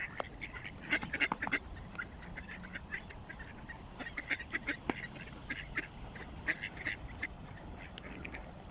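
Ducks giving short clipped calls in irregular bursts, with steady background hiss throughout.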